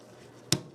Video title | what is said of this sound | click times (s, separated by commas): Ontario knife blackbird sk-5 review | definitely hear it snap it's in there ain't going anywhere carry it upside down no | 0.5 s